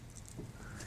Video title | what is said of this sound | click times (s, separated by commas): SAM XT Tourniquet | gonna hear that click there's the click I hope you heard it | 0.2 s, 0.3 s